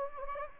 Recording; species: mosquito wingbeat signal from an infrared sensor; Anopheles gambiae